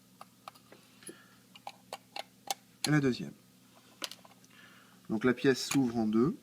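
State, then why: Stripped. A screwdriver turns the second screw in the frame of an airsoft Dan Wesson revolver during disassembly, a screw whose thread is thought to be dead. Small ticks come at 0.5, 1.1, 1.7, 1.9, 2.2 and 2.5 seconds as it is worked, and someone talks briefly between and after them. The screw's thread is stripped.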